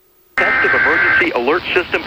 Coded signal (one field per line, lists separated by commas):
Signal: Emergency Alert System (SAME) tones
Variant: header bursts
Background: speech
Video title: USA EAS Alarm - Emergency Action Notification (FIXED)